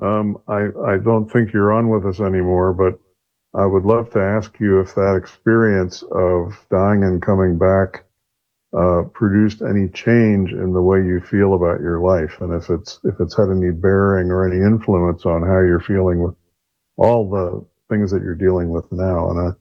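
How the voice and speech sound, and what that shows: A single adult man speaks fluently in a low, steady voice, asking a long question in connected phrases with brief pauses for breath. Articulation is clear and voicing is smooth, consistent with ordinary conversational speech.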